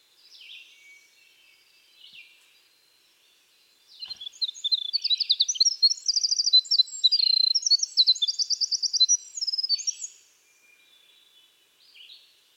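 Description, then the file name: Winter wren: scattered soft high notes, then a loud six-second rush of rapid trills and twittering, followed by quieter notes again. "Troglodytes hiemalis - Winter Wren"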